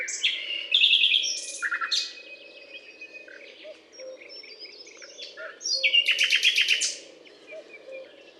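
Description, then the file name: Common nightingale delivering rich phrases: sweeping whistles, then a loud, rapid series of repeated clicking notes after a quieter passage, over a steady low hum. Butte calcaire de Gratacap, France; 19 May 2012. "120519 rossignol-philomele-Butte-calcaire-de-Gratacap-F"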